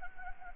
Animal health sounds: mosquito wingbeat signal from an infrared sensor; Anopheles gambiae

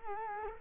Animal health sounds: mosquito wingbeat signal from an infrared sensor; Culex quinquefasciatus

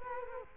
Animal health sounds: mosquito wingbeat signal from an infrared sensor; Culex quinquefasciatus

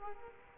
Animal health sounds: mosquito wingbeat signal from an infrared sensor; Culex quinquefasciatus

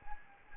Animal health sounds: mosquito wingbeat signal from an infrared sensor; Anopheles gambiae

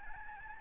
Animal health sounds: mosquito wingbeat signal from an infrared sensor; Aedes albopictus

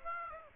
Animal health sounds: mosquito wingbeat signal from an infrared sensor; Aedes aegypti

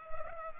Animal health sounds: mosquito wingbeat signal from an infrared sensor; Culex pipiens

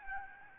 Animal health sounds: mosquito wingbeat signal from an infrared sensor; Aedes albopictus

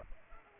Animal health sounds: mosquito wingbeat signal from an infrared sensor; Culex pipiens

